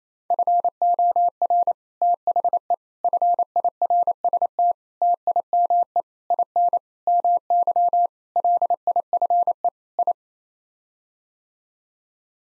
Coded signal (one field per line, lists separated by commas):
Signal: Morse code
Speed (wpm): 28 wpm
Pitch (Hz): 700 Hz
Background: none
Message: FOR THE FIRST TIME IN MY LIFE I